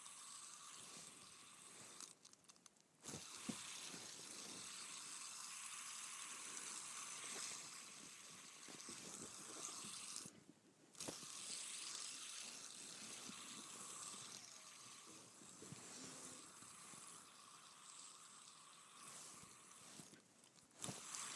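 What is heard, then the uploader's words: A fidget spinner whirs steadily with a bright, hissing buzz and a faint rapid rattle underneath. The sound cuts out briefly around 2, 10 and 20 seconds, with small clicks as it is flicked or stopped, then resumes at a similar level. ASMR Spinning a Fidget Spinner.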